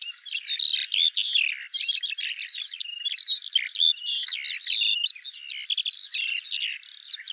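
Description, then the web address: Eurasian skylark giving a fast, unbroken stream of high twittering, trilled and slurred notes that runs without pause throughout. Labelled as a call. "alauda arvensis call"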